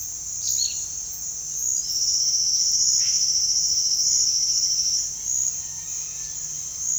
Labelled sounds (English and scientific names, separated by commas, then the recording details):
Gray-capped Flycatcher (Myiozetetes granadensis)
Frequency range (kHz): Gray-capped Flycatcher (Myiozetetes granadensis) 2.2-6.6 kHz
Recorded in dense forest near Puerto Asís, Putumayo, Colombia, on 20 February 2024 at 07:30
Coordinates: 0.496, -76.326
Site G6383